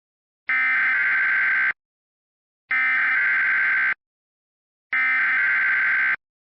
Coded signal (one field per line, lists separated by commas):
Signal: Emergency Alert System (SAME) tones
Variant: header bursts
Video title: EAS MOCK: Woahhh thats rare!